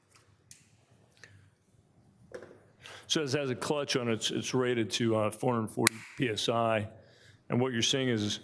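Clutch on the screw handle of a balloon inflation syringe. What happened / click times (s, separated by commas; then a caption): A handle's torque-limiting clutch slipped and clicked at its limit / 0.5 s, 1.2 s, 2.3 s, 2.4 s. During balloon kyphoplasty, the screw handle of a balloon inflation syringe is turned to inflate a balloon inside a vertebral body, and its clutch, rated to 440 PSI, slips and clicks because the bone has hard spots. Short clicks sound at about 0.5, 1.2, 2.4 and 2.4 seconds, and from about 3 seconds someone talks. The clutch is confirmed to be overriding at its pressure limit.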